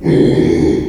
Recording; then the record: squeal of a Yucatan mini pig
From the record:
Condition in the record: after surgery on the right vocal fold (resection and tissue-engineered implant); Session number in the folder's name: 2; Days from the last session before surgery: 13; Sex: male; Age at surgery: 12 weeks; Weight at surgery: 13 kg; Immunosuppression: cyclosporine, prednisolone